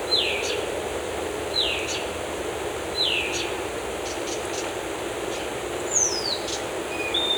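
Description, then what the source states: Bird song in a forest ambience: a repeated falling-then-rising whistled phrase about every one and a half seconds, with other thin high calls over steady background hiss. Forest habitat.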